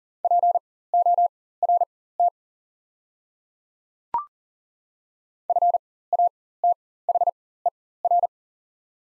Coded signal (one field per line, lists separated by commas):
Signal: Morse code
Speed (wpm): 39 wpm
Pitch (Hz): 700 Hz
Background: none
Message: PORT FATHER